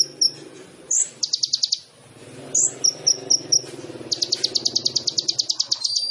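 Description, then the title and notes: Sunbird song: thin high chips and sharp squeaks, then fast buzzy trills of rapidly repeated notes, with a faint low hum underneath. Indonesian masteran training recording of a gacor (actively singing) sunbird, full of isian (fills) and luxurious tembakan (bursts), suitable as pancingan to prompt other birds to sing. "MASTERAN KOLIBRI NINJA FULL ISIAN DAN TEMBAKAN COCOK BUAT PANCINGAN. Suara Burung Kolibri Ninja Gacor"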